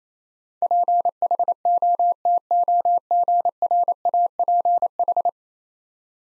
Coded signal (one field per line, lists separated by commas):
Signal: Morse code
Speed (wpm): 27 wpm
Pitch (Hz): 700 Hz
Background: none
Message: PHOTOGRAPH